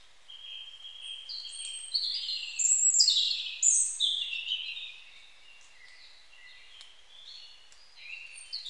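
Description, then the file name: European robin singing a long, sweet run of high tinkling and warbling notes that rise and fall, then trails off into softer fragments. "Erithacus rubecula"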